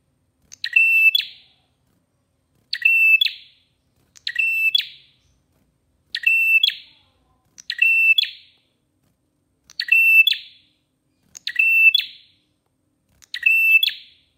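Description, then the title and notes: Prinia song: a short phrase of dry rattling clicks over a steady high whistle ending in a bright burst, repeated roughly every one and a half to two seconds, otherwise silent. Long-duration prinia recording used as therapy and tutoring material (masteran). "Masteran Terapi Prenjak Durasi Panjang. Burung Prenjak"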